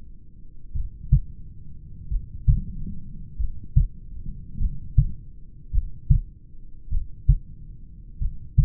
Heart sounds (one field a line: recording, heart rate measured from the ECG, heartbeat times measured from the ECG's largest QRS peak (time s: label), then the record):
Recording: heart sounds by stethoscope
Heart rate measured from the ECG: 48 bpm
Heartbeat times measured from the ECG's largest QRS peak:
0.77 s: heartbeat
2.13 s: heartbeat
3.42 s: heartbeat
4.63 s: heartbeat
5.75 s: heartbeat
6.94 s: heartbeat
8.24 s: heartbeat
From the record:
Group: heart failure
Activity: rest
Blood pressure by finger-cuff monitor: 125/73 mmHg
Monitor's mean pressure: 86 mmHg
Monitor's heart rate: 47 bpm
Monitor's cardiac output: 4.8 L/min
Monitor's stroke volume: 102 mL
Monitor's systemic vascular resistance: 1290 dyn s/cm5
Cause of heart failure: familial cardiomyopathy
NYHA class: 1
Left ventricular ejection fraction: 49%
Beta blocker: bisoprolol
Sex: male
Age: 31 years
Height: 194 cm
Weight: 96 kg